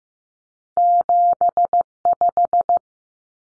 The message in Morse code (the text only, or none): 75